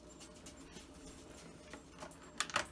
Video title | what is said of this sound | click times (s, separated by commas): Pampered Chef Ice Cream at the Party! | we go so it's locked into place | 2.4 s